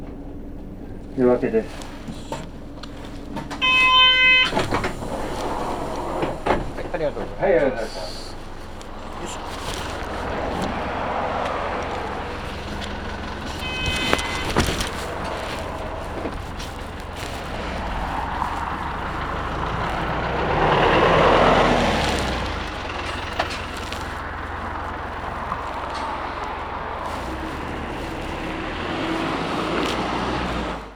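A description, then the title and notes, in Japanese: A vehicle rides from Otsuru to Yoake, stopping at each small settlement. A steady low rumble runs throughout, with a bright chime and clicks early on, brief voices near 14 seconds, and the engine swelling around 20 seconds. 大鶴から夜明までは集落ごとにぽつぽつと停まっていきます。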